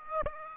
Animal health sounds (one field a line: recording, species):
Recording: mosquito wingbeat signal from an infrared sensor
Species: Aedes aegypti